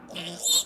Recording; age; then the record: pig call; piglet (1 to 25 days)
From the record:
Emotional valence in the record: negative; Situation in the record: castration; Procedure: castration, fixation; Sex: male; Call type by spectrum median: high-frequency call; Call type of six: mixed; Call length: 0.66 s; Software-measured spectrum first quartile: 3502 Hz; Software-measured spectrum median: 5501 Hz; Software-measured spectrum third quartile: 7971 Hz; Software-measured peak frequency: 3657 Hz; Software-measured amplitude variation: 152 dB a second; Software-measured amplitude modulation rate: 21.9 a second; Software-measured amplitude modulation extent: 6.9 dB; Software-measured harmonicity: 7.5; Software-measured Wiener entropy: -2.88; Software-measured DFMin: 845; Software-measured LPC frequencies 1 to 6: 630, 3000, 3638, 4199, 5548, 7190 Hz